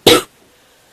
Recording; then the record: coughing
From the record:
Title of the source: 30 Chesty and wet cough